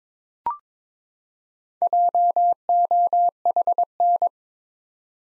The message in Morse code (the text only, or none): JOHN